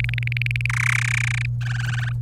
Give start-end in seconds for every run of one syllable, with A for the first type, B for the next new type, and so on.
0.00-0.66 A, 0.69-1.46 B, 1.61-2.12 C